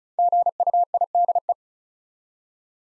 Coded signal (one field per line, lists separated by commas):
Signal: Morse code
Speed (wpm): 36 wpm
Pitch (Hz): 700 Hz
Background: none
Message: GUIDE